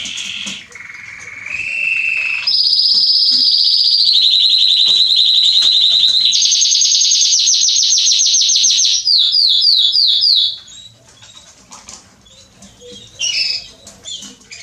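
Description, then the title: Belgian canary song of trills that shift pitch in steps, then rapid pulsed notes and falling swooping notes, followed by a quiet pause with a short chirp. Male Belgian canary singing a lot, to train and warm up young canaries. "Canary Training Esquente Seu Filhote E Canario Belga Em 30 Minutos Macho Cantando Muito. CANTO DO CANRIO"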